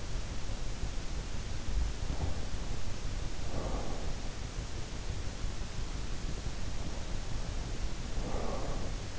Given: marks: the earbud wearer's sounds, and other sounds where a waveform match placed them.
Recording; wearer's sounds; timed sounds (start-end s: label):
sounds in sleep by an in-ear microphone; breath
1.85-2.63 s: sound from someone else or the room
3.54-4.74 s: breath
7.54-9.19 s: breath